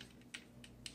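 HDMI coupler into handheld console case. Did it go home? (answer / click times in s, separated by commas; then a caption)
no / none. An HDMI coupler is handled near its slot in the printed case of a handheld retro console, giving a few faint ticks over quiet background, with two sharper small hits at about 0.4 and 0.9 seconds. The coupler has not seated or clicked into place yet.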